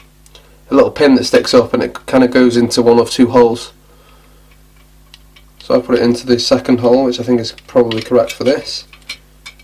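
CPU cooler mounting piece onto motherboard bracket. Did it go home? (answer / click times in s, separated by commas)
yes / 9.1 s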